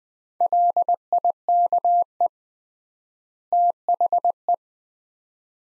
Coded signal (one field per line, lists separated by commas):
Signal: Morse code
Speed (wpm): 20 wpm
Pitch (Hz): 700 Hz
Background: none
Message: LIKE THE